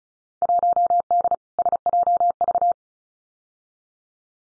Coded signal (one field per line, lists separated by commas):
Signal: Morse code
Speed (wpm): 36 wpm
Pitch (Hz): 700 Hz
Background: none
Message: 1D SJV